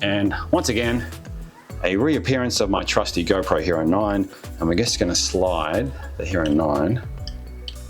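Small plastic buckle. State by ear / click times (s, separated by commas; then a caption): seated / 7.7 s. Someone talks while a GoPro Hero 9 on its quick-release mount is slid into the plastic buckle at the top of the gooseneck on a Jaws Flex Clamp. A small click at 7.7 s marks the mount seating in the buckle.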